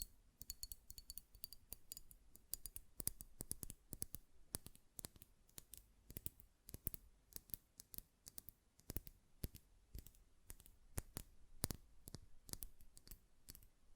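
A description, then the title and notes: Glass perfume bottle tapped and its lid clicked, sharp ticks coming quickly and irregularly throughout. ASMR Glass Perfume Bottle Tapping & Lid Sounds (No Talking).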